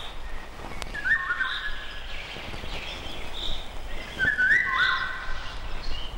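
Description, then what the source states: Eurasian golden oriole song, two short fluting whistled phrases about three seconds apart, over steady background noise. Song carries well in humid air; the bird sounds very close yet is rarely seen; a cautious bird.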